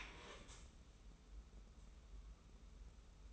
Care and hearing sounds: daily activity, microphone in the room; stand up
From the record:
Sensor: 1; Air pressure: 994.5 hPa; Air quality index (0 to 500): 221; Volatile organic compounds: 1000 ppm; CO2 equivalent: 7922 ppm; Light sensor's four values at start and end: 128/292/131/144 and 127/288/130/142

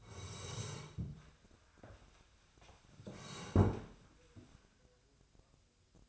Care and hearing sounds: daily activity, microphone in the room; sit down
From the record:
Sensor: 2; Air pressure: 1015.1 hPa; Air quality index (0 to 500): 159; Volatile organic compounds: 8 ppm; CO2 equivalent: 2063 ppm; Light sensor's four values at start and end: 12/33/13/14 and 12/34/13/15

